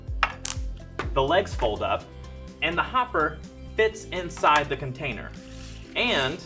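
For storage, the plastic plunger (pusher) of a kitchen mandoline is pushed down into the mandoline body and gives a sharp plastic click at 0.2 s as it locks in place. Music plays in the background while someone talks.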